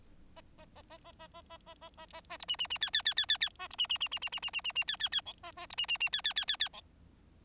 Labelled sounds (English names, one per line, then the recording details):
Bengalese Finch song
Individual Bird4